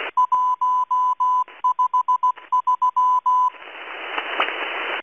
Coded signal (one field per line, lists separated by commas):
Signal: Morse code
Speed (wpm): 16 wpm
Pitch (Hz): 1000 Hz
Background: music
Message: 153